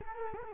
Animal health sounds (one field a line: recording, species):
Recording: mosquito wingbeat signal from an infrared sensor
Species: Culex quinquefasciatus